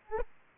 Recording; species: mosquito wingbeat signal from an infrared sensor; Aedes aegypti